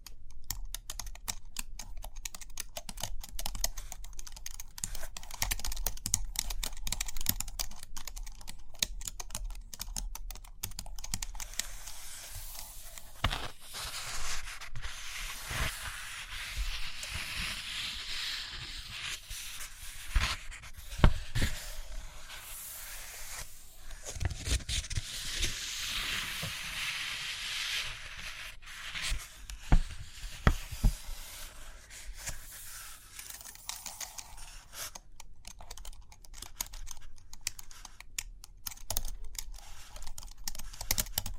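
Page turning, tapping and writing sounds fill the recording, with quick dense clicks and taps scattered throughout, especially near the start and end. Through the middle, longer rubbing, scratchy strokes of writing or drawing swell in brightness, broken by occasional sharper knocks around 21 and 30 seconds.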